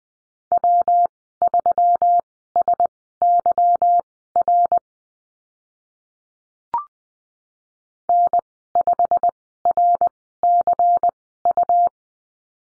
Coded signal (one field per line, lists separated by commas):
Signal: Morse code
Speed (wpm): 20 wpm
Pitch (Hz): 700 Hz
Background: none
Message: W3SYR N5RCU